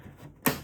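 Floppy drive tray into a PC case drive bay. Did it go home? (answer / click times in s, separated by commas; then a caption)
yes / 0.5 s. A Sony floppy disk drive on its tool-less tray is slid back into the drive bay of an Antec PC case from about 2007. Faint low rumble is followed by a single sharp click at 0.5 s as the tray latches. The drive locks into place.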